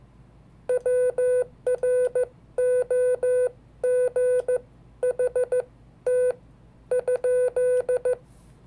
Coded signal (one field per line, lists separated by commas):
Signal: Morse code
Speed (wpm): 14 wpm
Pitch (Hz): 500 Hz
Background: none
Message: WROGHT?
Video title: 5 Dates from History in Morse Code